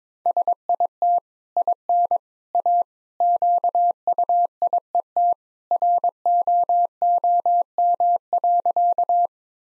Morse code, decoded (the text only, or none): SIT IN A QUIET ROOM.